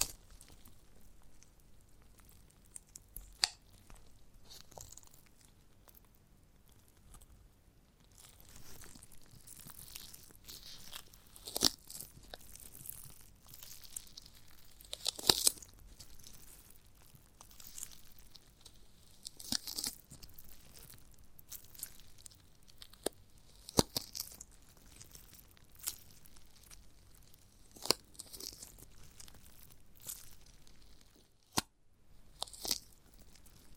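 Giant gummy bear eating sounds: soft, sticky squelches and chewing crackles come in uneven bursts throughout, with sharp snaps or tearing clicks near 4, 15, 24 and 32 seconds. The sound is bright and crinkly, set against a quiet low hum.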